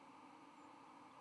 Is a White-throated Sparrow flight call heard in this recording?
no